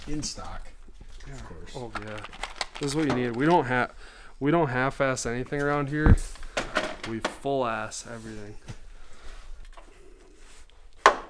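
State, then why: Partly seated. Someone talks while wiring LED headlights, followed by a few faint handling ticks around 9.7–10.9 s as a headlight wire is pushed into or crimped in its connector. A sharp click lands at 11.1 s. The wire is not fully inserted but holds when pulled, so it is only partly seated.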